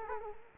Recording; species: mosquito wingbeat signal from an infrared sensor; Culex quinquefasciatus